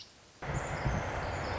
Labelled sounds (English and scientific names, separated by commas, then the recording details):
Pacific Wren (Troglodytes pacificus)
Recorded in Sonoma County, California